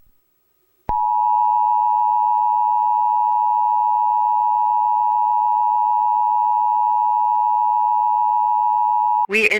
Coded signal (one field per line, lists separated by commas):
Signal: Emergency Alert System (SAME) tones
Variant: 853 and 960 Hz attention tone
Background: speech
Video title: EAS Scenario // SCP-354 Expanding